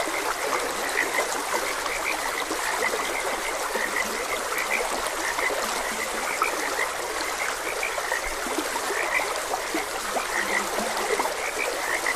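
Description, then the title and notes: Frogs keep up a continuous chorus of brief chirping croaks and a few deeper ones over a gently rushing stream. Frogs croaking beside a gentle stream. "Frogs Croaking. Sleep and Relaxation Podcast"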